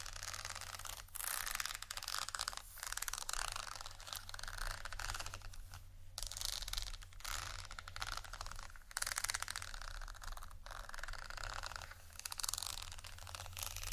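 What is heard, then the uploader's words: Dense, bright scratching rasps on almost without pause, with brief gaps near six and nine seconds, over a steady low hum. ASMR Scratching Textures （No Talking）.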